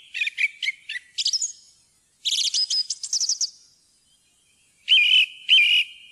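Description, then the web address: Song thrush song: short phrases of clear whistles and rapid chirps, some repeated, with brief pauses between phrases and quiet background. "fuglelyder maaltrost"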